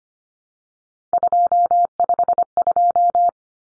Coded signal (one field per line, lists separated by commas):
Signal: Morse code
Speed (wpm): 25 wpm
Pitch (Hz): 700 Hz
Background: none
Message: 252